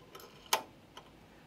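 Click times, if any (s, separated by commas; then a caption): 0.5 s. Sewing thread is held taut from above and pulled down into the thread guide, likely the tension disc, of a Janome 2000CPX coverstitch machine. Faint ticks come before and after a sharp, bright click at 0.5 s. The thread seats in the guide and can no longer come out.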